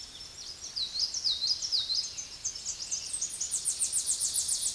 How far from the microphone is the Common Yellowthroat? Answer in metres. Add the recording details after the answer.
about 15 m. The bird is about level with the microphone. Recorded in a Pennsylvania forest on 16 May 2024 at 06:15. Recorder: AudioMoth, point MSD-2349. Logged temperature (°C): 15.8 °C. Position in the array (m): 62 m, 49 m